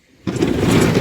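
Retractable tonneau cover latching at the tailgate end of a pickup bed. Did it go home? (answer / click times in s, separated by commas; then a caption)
no / none. An ONINE retractable hard aluminum tonneau cover on a Ford F-150 Lightning pickup bed is pulled back closed toward the tailgate end after not being pushed all the way open to the cab. It is quiet until about 0.3 s, then a steady broadband sliding rumble runs to the end with no distinct click. The locking mechanism did not reset, so the cover fails to latch and has not locked into place.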